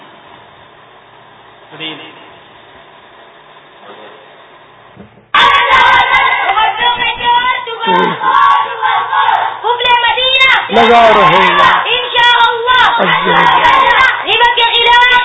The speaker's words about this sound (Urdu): آئیے مدنی منوں سے غیبت کے خلاف نعرے سنتے ہیں.